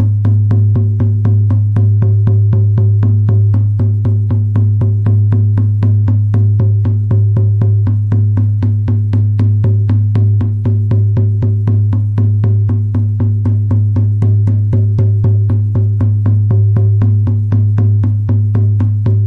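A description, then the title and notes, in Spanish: A shamanic frame drum beaten in a fast, even pulse of about four strokes per second, never pausing or changing tempo. Each stroke adds a short bright slap on top of a deep, booming resonance that rings on continuously beneath the beat. The loudness holds steady throughout. Sonido de Tambor Chamánico.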